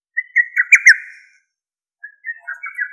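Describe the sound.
Lesser cuckoo song: a rapid phrase of about five loud, sharp whistled notes slurring downward, then a short pause before a second phrase begins.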